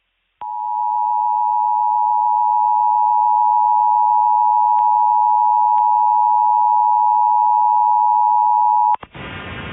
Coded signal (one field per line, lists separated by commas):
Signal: Emergency Alert System (SAME) tones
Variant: 853 and 960 Hz attention tone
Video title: 2019 EAS Test